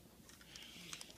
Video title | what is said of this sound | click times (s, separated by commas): Kamen Rider Gaim Lock Vehicle 02 Rose Attacker Review | we're going to flip this around to the clicks right there we're gonna not hit the camera | 0.9 s